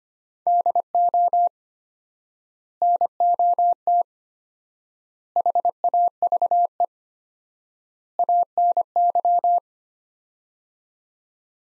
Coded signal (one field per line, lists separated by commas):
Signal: Morse code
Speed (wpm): 25 wpm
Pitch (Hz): 700 Hz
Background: none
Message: DO NOT HAVE ANY